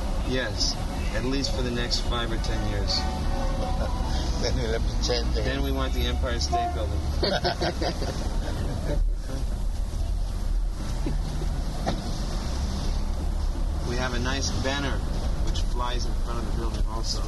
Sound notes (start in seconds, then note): 3.6 laughs; 7.2 laughter